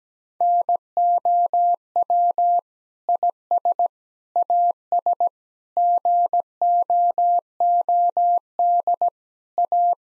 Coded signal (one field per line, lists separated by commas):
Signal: Morse code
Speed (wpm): 17 wpm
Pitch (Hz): 700 Hz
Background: none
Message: NOW IS AS GOOD A